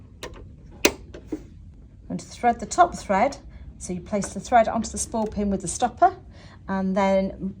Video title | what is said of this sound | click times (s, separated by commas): Emerald Set up and threading | and it'll click into place and you can just slide your bobbing cover um back on | 0.9 s